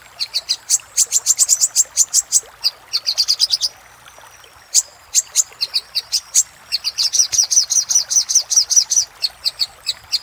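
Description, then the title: Little spiderhunter singing fast runs of high, clipped chirps broken by a short pause, then a long, even rattle of quick notes. Master recording for training cage birds; Indonesian name Sogok Ontong, labelled Labaik. "Masteran Burung Sogok Ontong Labaik"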